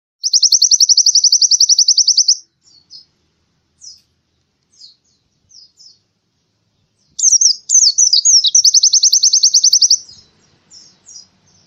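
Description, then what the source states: Canary delivering a long, fast, even trill, then scattered single chirps, then another phrase of varied notes sliding into a second rapid trill. Canary song used as a master song for training birds.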